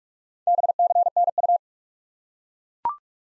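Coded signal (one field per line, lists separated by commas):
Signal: Morse code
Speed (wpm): 41 wpm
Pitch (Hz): 700 Hz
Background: none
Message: BCNU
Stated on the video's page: Morse practice of common QSO elements in speed-racing format, starting fast and slowing to 30 wpm base, final repeat at maximum speed.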